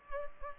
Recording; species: mosquito wingbeat signal from an infrared sensor; Culex pipiens